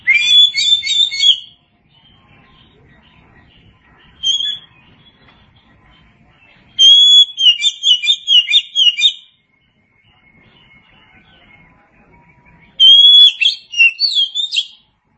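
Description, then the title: Oriental magpie-robin delivering varied whistled song phrases, some long and trilled, others short, separated by gaps of several seconds. Chirping song. "Suara Kicauan Burung Kacer"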